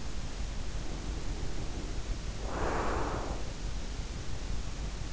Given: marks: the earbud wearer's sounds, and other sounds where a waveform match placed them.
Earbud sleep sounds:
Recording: sounds in sleep by an in-ear microphone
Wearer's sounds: breath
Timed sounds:
0.72-3.62 s: breath

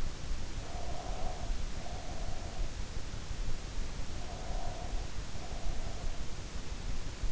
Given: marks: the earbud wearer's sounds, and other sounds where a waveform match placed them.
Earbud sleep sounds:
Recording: sounds in sleep by an in-ear microphone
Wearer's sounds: breath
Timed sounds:
0.46-2.67 s: breath
3.92-6.06 s: breath

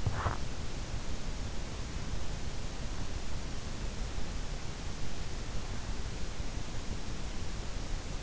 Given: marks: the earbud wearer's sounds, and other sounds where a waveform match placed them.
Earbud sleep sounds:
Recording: sounds in sleep by an in-ear microphone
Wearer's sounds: teeth grinding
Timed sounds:
0.16-0.73 s: teeth grinding

